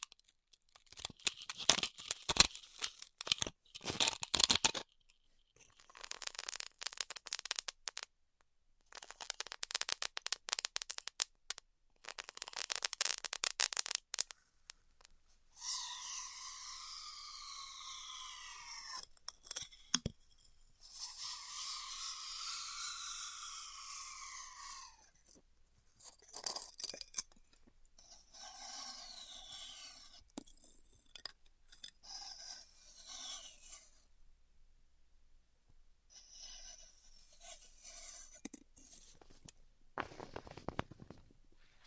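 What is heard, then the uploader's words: Styrofoam being cut with a heat cutter, with bursts of crackly, hissing scraping in the first fifteen seconds. Around 16 and 21 seconds, two longer squealing whines rise and slide in pitch, followed by scattered softer scrapes, squeaks and pauses until the end. ASMR Styrofoam Heat Cutting (No Talking).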